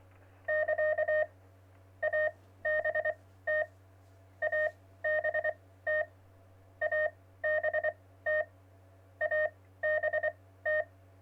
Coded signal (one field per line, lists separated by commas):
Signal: Morse code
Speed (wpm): 24 wpm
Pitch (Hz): 620 Hz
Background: none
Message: <KA> ABT ABT ABT ABT